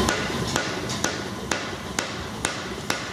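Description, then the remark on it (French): Copper being hammered by hand in repoussé work in a workshop: about seven sharp, ringing metallic strikes at a steady, even pace over a constant background hiss, with no voices. “comme la plupart du temps c'est un repoussage à la main, on doit passer par des phases intermédiaires pour garder la texture du cuivre.”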